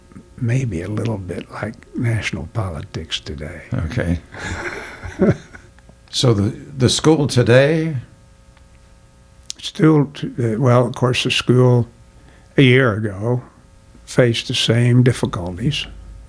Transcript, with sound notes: maybe a little bit like national politics today. (Laughing)
So the school today…?
Still—well, of course, the school a year ago faced the same difficulties